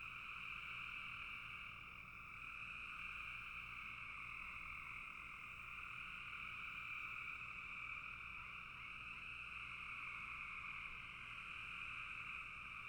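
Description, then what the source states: Frogs in a massed chorus, a constant high buzzing drone that swells slightly in places and never stops across the whole stretch. Frogs calling in a bog.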